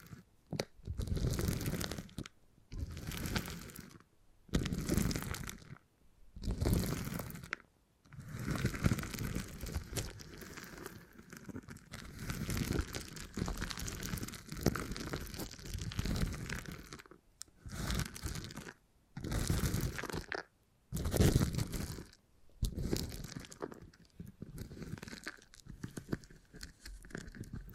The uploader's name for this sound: Brain Tingly Sounds Using Beeswax